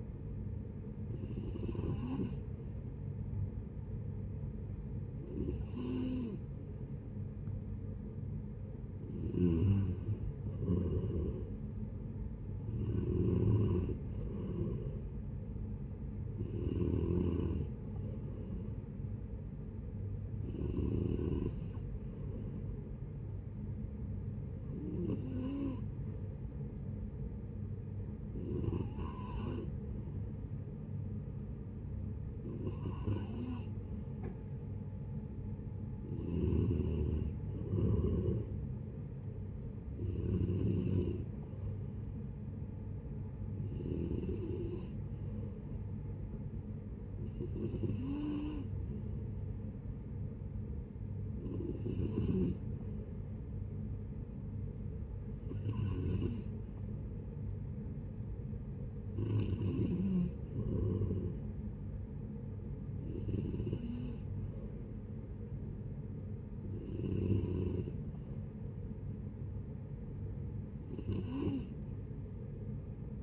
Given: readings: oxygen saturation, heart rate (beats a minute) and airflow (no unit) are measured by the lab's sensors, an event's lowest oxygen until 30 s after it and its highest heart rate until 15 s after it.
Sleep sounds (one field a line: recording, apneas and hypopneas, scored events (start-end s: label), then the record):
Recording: breathing in sleep by a smartphone at the bedside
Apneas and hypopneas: none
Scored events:
23.00-53.00 s: new sleep stage, N2 (light sleep)
53.00-73.23 s: new sleep stage, N3 (deep sleep)
From the record:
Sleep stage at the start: N3 (deep sleep)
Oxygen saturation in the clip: 91 to 94%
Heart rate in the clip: 72 to 78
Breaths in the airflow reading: 19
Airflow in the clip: -7.6 to 12.5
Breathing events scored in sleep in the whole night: 496 in 5.4 hours asleep